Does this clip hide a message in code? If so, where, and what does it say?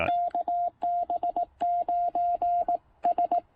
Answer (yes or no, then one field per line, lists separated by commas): yes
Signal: Morse code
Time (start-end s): 0.1-3.4 s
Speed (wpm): 20 wpm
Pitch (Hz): 690 Hz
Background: none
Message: KB9S